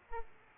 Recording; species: mosquito wingbeat signal from an infrared sensor; Aedes aegypti